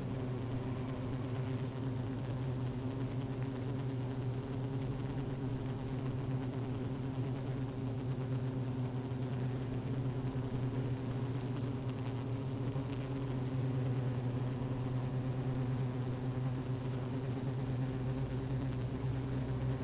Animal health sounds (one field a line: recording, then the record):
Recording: honeybee colony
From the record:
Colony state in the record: active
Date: 28 July 2017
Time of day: 15:44